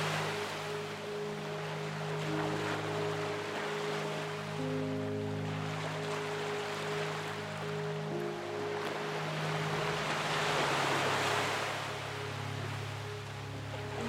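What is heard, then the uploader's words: Ocean waves wash in with a soft, hissing roar that swells around the ninth to twelfth second and eases again. Beneath it, sustained low piano notes and chords hold steady and change slowly, blending into a continuous, gentle bed of sound. Calming Piano Music with Ocean Sounds. Soft piano set behind ocean waves gently crashing to shore.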